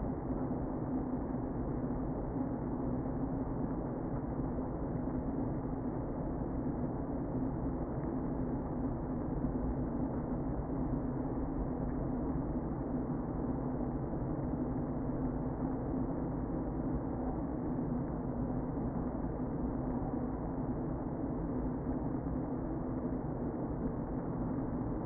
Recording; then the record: honeybee colony, microphone inside the hive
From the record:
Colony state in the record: queen present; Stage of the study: before two queens were removed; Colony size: about 60,000 bees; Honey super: yes